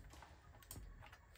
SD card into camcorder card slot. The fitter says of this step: And you have to press till you hear the click. All right, this one is done, and then I'm going to insert the battery, which goes